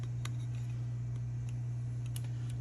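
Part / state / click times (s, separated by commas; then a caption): compute module into carrier board connectors / seated / 0.2 s, 2.2 s. A compute module is pressed onto the mating board-to-board connectors of a carrier board, with pressure on both sides. Two sharp snaps are heard at 0.3 s and 2.2 s, one for each side, over a steady low hum and a few faint ticks. The module is seated on the carrier board connectors.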